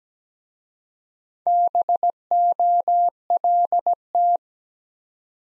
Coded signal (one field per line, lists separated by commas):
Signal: Morse code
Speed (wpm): 17 wpm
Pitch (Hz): 700 Hz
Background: none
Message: BOLT